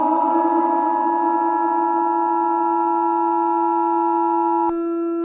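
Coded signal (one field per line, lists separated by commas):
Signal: Emergency Alert System (SAME) tones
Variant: 853 and 960 Hz attention tone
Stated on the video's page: Fictional alternate-history EAS scenario made with CapCut.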